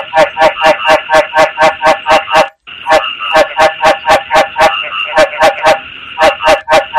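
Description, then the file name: Frog mating calls in rapid nasal pulses, about four per second, with one short silent break partway through. Male frog calling to attract a mate. "tieng ech duc keu goi ban tinh"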